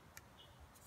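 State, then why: Not seated. A door molding for a 1999–2005 BMW E46 (325, 323, 328, 330) is handled as its rails are lined up with the mounting rails, before the other side is pushed down to snap its plastic clips in. A faint brief tick at 0.2 s stands out over low handling noise. Nothing has seated or clicked yet.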